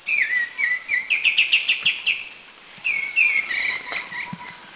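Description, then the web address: Grey-cheeked bulbul giving quick chattering note series and slurred whistles, two bursts within a few seconds. Krung Ching, Thailand. "Thailand Krung Ching 09 Grey-cheeked Bulbul"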